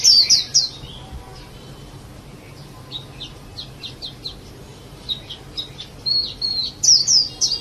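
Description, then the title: Java sparrow chirps, a short bright series at the start, scattered soft chirps through the middle, and a louder cluster of high notes at the close. "kicau gelatik"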